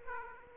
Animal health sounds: mosquito wingbeat signal from an infrared sensor; Aedes aegypti

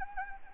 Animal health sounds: mosquito wingbeat signal from an infrared sensor; Anopheles gambiae

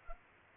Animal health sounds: mosquito wingbeat signal from an infrared sensor; Culex pipiens

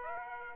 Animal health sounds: mosquito wingbeat signal from an infrared sensor; Aedes aegypti

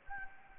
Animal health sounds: mosquito wingbeat signal from an infrared sensor; Anopheles gambiae

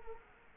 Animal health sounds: mosquito wingbeat signal from an infrared sensor; Culex quinquefasciatus

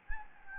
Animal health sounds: mosquito wingbeat signal from an infrared sensor; Anopheles gambiae

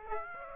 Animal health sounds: mosquito wingbeat signal from an infrared sensor; Aedes aegypti

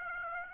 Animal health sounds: mosquito wingbeat signal from an infrared sensor; Aedes aegypti

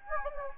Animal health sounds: mosquito wingbeat signal from an infrared sensor; Anopheles gambiae

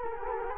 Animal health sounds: mosquito wingbeat signal from an infrared sensor; Culex quinquefasciatus

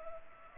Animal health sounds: mosquito wingbeat signal from an infrared sensor; Culex pipiens

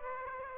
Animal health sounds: mosquito wingbeat signal from an infrared sensor; Aedes aegypti

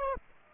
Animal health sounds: mosquito wingbeat signal from an infrared sensor; Aedes aegypti

